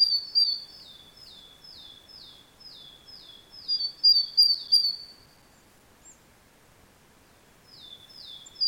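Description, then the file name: Great tit calls, a long series of rapid high downslurred notes, then a pause before the series resumes, over steady low background noise. "Parus major"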